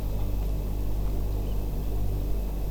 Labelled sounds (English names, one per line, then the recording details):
Eurasian Oystercatcher
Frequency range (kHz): Eurasian Oystercatcher 2.3-3.3 kHz
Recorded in France